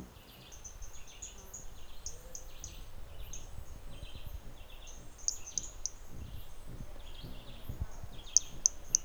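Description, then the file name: Hermogenes's toadlet giving bursts of high, thin ticking notes, ending with three sharp clicks, among soft rustling background noise. Individual 1 at Trilha do Ipiranga; starting notes of the call, with an interruption; recording in the MHNCI collection. "MHNCI Brachy hermogenesi Trilha do Ipiranga ind 1 e unknown starting notes with interruption"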